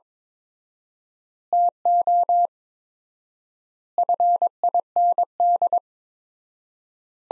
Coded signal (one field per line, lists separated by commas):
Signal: Morse code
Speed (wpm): 22 wpm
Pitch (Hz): 700 Hz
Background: none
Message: TO FIND